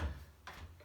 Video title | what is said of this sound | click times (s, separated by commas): DeWalt DWS773-GB Mitre Saw - Full in Depth Review | it locks into place. | 0.5 s